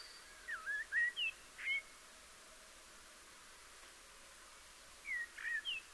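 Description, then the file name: Common blackbird singing quick, slurred whistled notes in two short groups a few seconds apart. "Turdus merula"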